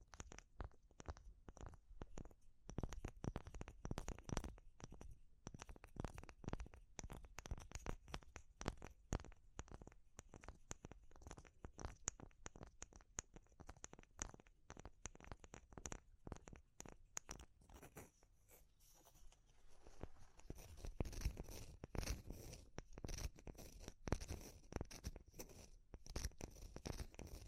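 Dense, rapid crackling and tapping on wood, bamboo and straw, with a quieter stretch near twenty seconds before the busy clicking resumes.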